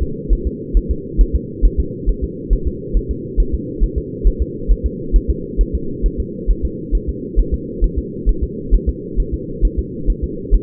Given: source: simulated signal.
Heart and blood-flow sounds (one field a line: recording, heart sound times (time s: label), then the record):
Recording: fetal heart sounds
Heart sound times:
0.03 s: S2
0.33 s: S1
0.47 s: S2
0.77 s: S1
0.91 s: S2
1.21 s: S1
1.36 s: S2
1.65 s: S1
1.80 s: S2
2.09 s: S1
2.24 s: S2
2.53 s: S1
2.67 s: S2
2.97 s: S1
3.11 s: S2
3.40 s: S1
3.54 s: S2
3.84 s: S1
3.98 s: S2
4.27 s: S1
4.42 s: S2
4.72 s: S1
4.86 s: S2
5.16 s: S1
5.30 s: S2
5.61 s: S1
5.75 s: S2
6.06 s: S1
6.20 s: S2
6.50 s: S1
6.65 s: S2
6.95 s: S1
7.09 s: S2
7.40 s: S1
7.54 s: S2
7.84 s: S1
7.99 s: S2
8.29 s: S1
8.44 s: S2
8.74 s: S1
8.89 s: S2
9.20 s: S1
9.34 s: S2
9.65 s: S1
9.79 s: S2
10.10 s: S1
10.24 s: S2
10.55 s: S1
From the record:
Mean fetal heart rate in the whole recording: 135 bpm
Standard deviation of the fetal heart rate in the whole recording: 3 bpm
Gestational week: 36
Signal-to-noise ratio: -4.3 dB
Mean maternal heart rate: 72 bpm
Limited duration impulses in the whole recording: absent